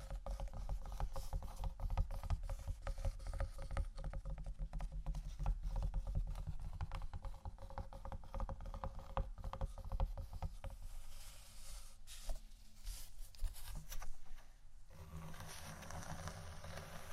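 Tapping and scratching on wooden items, a dense, continuous run of small knocks and rough scraping strokes. Short brighter bursts of scratching stand out around 10, 12 and 14 seconds, and a dull low rumble sits underneath throughout.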